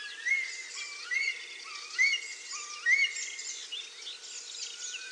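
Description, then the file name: Eurasian curlew, upslurred whistles repeated about once a second over a busy chorus of higher twittering birds. "kulikwielki"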